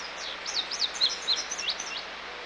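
Bird calling with a rapid series of high, thin chirps over a steady hiss.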